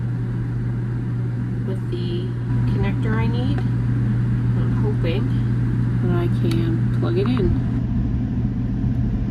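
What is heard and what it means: A small replacement battery's wire connector is handled near the headphone circuit board, but nothing has seated or clicked yet. Someone talks over a steady low hum.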